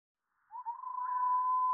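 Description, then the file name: Wallcreeper call slowed down into a single long whistle that starts with a slight upward flick and then holds one even pitch. "TICHODROME RALENTI"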